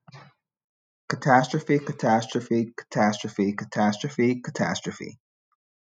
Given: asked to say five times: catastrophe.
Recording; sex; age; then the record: repeated word; male; 30 to 39 years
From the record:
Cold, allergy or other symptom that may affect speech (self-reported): no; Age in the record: 31 years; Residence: New York, United States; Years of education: 16